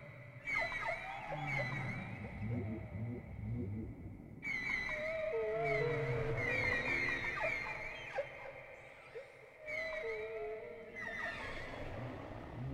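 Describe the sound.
Whale song mixing high wavering whistles and squeals with deep sliding moans, in phrases separated by brief gaps.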